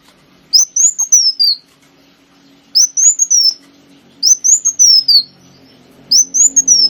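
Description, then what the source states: Sunbird song: four high whistled phrases, each a quick rise and slow descending slur, over a faint low hum. Lure recording (pancingan) of kolibri wulung song.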